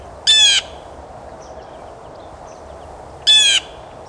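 Blue Jay calling with two loud, harsh, rasping notes about three seconds apart over a constant low hiss.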